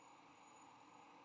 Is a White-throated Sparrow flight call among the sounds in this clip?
no